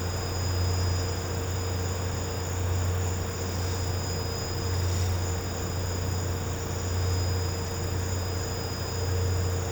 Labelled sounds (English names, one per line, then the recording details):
none
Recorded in pastures near Puerto Asís, Putumayo, Colombia, on 13 March 2025 at 15:00
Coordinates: 0.466, -76.322
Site CSA-02